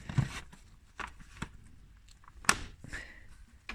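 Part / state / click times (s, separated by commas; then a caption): spring clip on air filter housing cover / seated / 2.5 s. Metal spring clips on the plastic air filter housing cover of a Vauxhall Opel Agila are flicked back on by hand. A single sharp, loud snap is heard at 2.5 s as one clip closes, amid softer handling knocks. The clip is seated, snapping the air box lid shut.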